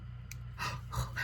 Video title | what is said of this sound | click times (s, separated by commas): BoxyCharm Base Unboxing- May 2024/ Plus Some Extra Goodies!📦 | I love a good click I love that it locks in y'all this is just | 0.3 s